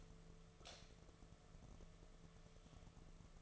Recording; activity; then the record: daily activity, microphone in the room; light on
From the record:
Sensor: 4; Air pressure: 1015.6 hPa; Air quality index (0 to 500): 184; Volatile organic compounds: 8 ppm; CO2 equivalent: 2124 ppm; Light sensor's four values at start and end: 17/41/17/18 and 20/49/20/22